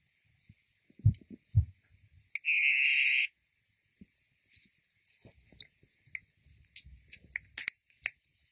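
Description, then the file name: Blue poison dart frog calls once with a short buzzy trill, amid frequent taps, clicks and light rustling throughout. "tinctorius azureus calling"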